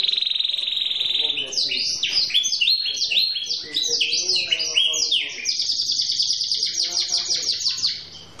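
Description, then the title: Canary song that opens with a sustained whistled note, runs into a string of rapid falling phrases, and ends in a long even rolling trill. Manasaja canary, song described as gacor ngotot with a long roll (roll panjang), used to make other canaries answer at once (langsung nyaut). "LANGSUNG NYAUT GACOR DOR Kenari Manasaja, Dengan Kicau Kenari GACOR NGOTOT ROLL PANJANG"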